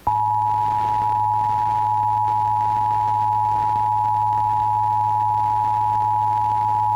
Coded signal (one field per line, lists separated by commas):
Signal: Emergency Alert System (SAME) tones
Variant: 853 and 960 Hz attention tone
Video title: IPAWS Weekly Test (10/18/21)(EAS 957)